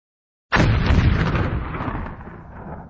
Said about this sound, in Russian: Несущийся по дороге микроавтобус налетел на взрыв, развернулся и упал на бок, проехав юзом в 10 метров.